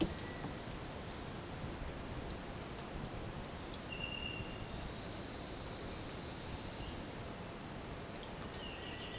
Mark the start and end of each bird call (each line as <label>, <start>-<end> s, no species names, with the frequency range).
bird call (1.5-3.7 kHz), 8.54-9.18 s